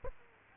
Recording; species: mosquito wingbeat signal from an infrared sensor; Aedes aegypti